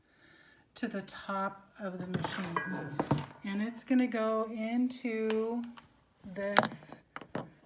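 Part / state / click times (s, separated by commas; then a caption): power cord plug into voting machine socket / seated / 7.2 s, 7.3 s. Someone talks while a keyed power cord plug, held flat side up, is pushed into its socket on an ExpressVote voting machine. The plug snaps in with two sharp clicks at 7.2 s and 7.4 s, and it is seated.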